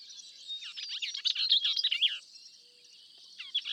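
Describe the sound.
Bell's vireo with a quick, husky, tumbling chatter of mixed notes, then a brief pause and another short scratchy phrase.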